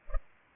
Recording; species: mosquito wingbeat signal from an infrared sensor; Culex pipiens